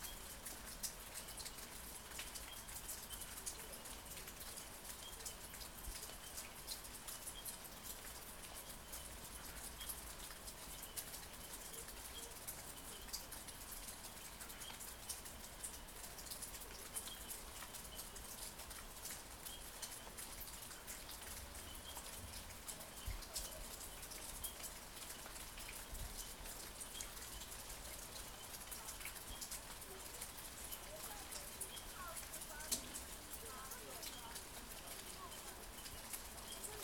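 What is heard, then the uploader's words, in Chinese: Raindrops patter steadily and densely throughout, a bright crackling texture that stays even from start to finish. Birds call intermittently in the background, with soft chirps scattered across the clip, and a low rumble sits underneath, briefly swelling around the middle. 佛光大學宿舍。地點：宜蘭縣佛光大學。設備：Tascam DR-40x。雨滴、鳥、車輛。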